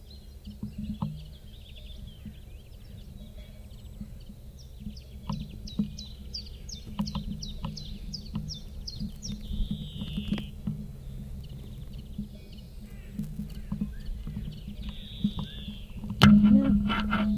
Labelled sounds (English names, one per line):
Common Chiffchaff song